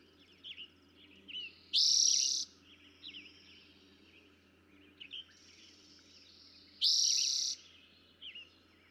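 Eastern towhee giving two loud, rapid trills about five seconds apart, with brief chirps scattered around them.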